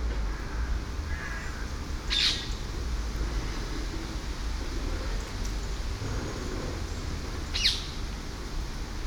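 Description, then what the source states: Parakeet squawks, two short harsh calls about five seconds apart, over steady low background rumble. Parakeets over Hackney Marsh.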